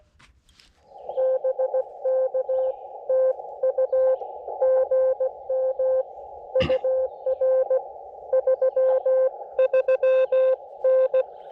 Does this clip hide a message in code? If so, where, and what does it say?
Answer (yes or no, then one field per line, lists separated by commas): yes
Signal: Morse code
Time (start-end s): 1.2-11.2 s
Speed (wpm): 16 wpm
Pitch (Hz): 520 Hz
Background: none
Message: BK TU GM UR 33N